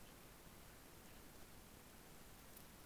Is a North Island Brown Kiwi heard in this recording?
no